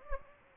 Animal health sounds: mosquito wingbeat signal from an infrared sensor; Anopheles gambiae

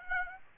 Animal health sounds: mosquito wingbeat signal from an infrared sensor; Aedes aegypti

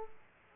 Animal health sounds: mosquito wingbeat signal from an infrared sensor; Aedes aegypti

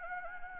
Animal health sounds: mosquito wingbeat signal from an infrared sensor; Anopheles gambiae

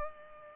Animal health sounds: mosquito wingbeat signal from an infrared sensor; Culex pipiens

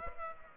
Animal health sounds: mosquito wingbeat signal from an infrared sensor; Aedes aegypti

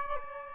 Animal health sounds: mosquito wingbeat signal from an infrared sensor; Aedes albopictus

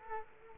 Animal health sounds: mosquito wingbeat signal from an infrared sensor; Culex quinquefasciatus

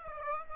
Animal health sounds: mosquito wingbeat signal from an infrared sensor; Aedes aegypti

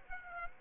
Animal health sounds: mosquito wingbeat signal from an infrared sensor; Aedes aegypti

